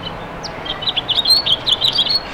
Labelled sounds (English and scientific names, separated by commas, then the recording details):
House Finch (Haemorhous mexicanus) song
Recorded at Westbury on Long Island, New York, on 27 May 2013
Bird A